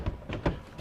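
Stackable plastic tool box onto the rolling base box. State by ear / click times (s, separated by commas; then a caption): not seated / none. A stackable FLEX plastic tool box is handled over its rolling base box, which has spring-loaded side locks that engage by themselves. Several short knocks and bumps sound at about 0.1, 0.3, 0.5 and 0.9 seconds. The box has not yet seated or locked onto the base.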